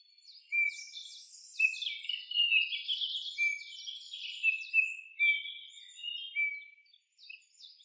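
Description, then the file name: Eurasian bullfinch calls: soft, flat, piping whistles repeated throughout, with busy, twittering high notes above them. "Pyrrhula pyrrhula"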